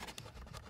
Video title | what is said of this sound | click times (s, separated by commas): Tesla Model S Mirror and Chrome removal | here we're gonna just pop the other clips off just by pulling it up | 0.2 s